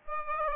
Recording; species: mosquito wingbeat signal from an infrared sensor; Aedes aegypti